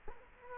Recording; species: mosquito wingbeat signal from an infrared sensor; Culex quinquefasciatus